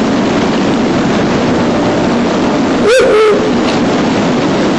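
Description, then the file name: Ural owl giving a single short, slurred hoot against steady heavy rushing noise. Male, recorded 24 May 2019 at 19:36 in a forest. "フクロウ♂ 少年の森"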